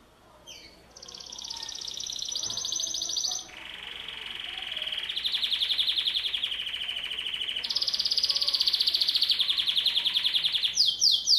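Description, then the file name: Canary singing a sequence of fast trilled tours, high then lower, then high again, each a steady buzzy rattle lasting a few seconds, ending with quick sweeping notes. "Canary Voice"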